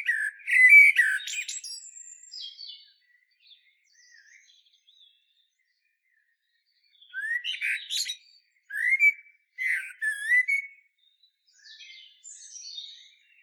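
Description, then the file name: Common blackbird giving loud, harsh chattering calls in a burst at the start, then another series of squawking notes after a pause. "Turdus merula"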